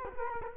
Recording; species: mosquito wingbeat signal from an infrared sensor; Culex quinquefasciatus